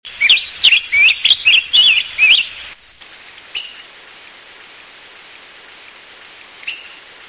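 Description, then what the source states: Hawfinch calling, a rapid run of about eight sharp, wavering high notes in under three seconds, followed by quiet with a few faint ticks. Excited call.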